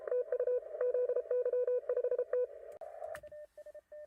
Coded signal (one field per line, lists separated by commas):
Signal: Morse code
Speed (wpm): 33 wpm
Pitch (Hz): 500 Hz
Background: radio noise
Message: TU ZY5T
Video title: #HamRadio Live! 807 For You Mom. Elecraft K4D Numbers Released #Shortwave And HF Forecast For Today